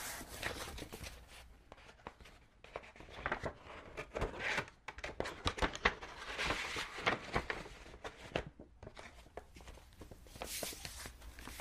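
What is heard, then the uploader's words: Paper money is being sorted, counted and spread out, with dense bursts of crisp rustling and soft flicking that come and go irregularly. Brief quiet gaps fall around two, four and a half, and eight and a half seconds, and a faint low hum sits underneath. Cash sorting, counting, spreading.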